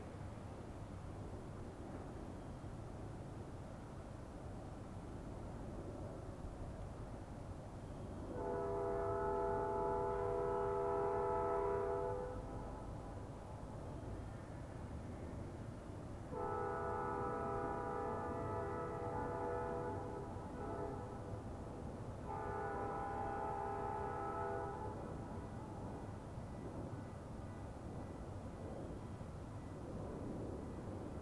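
A distant train sounds its horn three times: a long blast from about 8 to 12 seconds, another from 16 to 21, and a shorter one near 22 to 25. A steady low outdoor rumble fills the background throughout.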